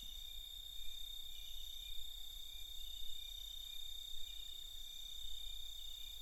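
Shrill, continuous cicada hum with faint wavering pulses on top, over a strong low rumbling background.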